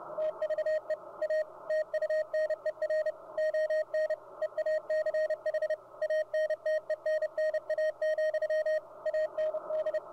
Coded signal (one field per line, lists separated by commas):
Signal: Morse code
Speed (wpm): 30 wpm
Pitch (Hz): 620 Hz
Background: radio noise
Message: TVE A TUNER ON EACH ANTENNA, AND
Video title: Ham Radio Deluxe or HRD Decoding CW Morse Code